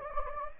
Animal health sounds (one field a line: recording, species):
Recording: mosquito wingbeat signal from an infrared sensor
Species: Anopheles gambiae